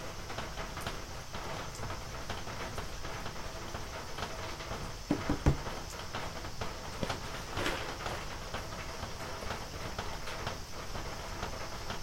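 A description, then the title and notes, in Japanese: Seeds dropping and rattling under an eave on a rainy evening, over a steady hiss of rain with a cluster of louder knocks around five seconds. 台風前の雨降りの夕方、軒下で乾かしていた人参のタネを落としています。手でしごき落とし、バラしていきます。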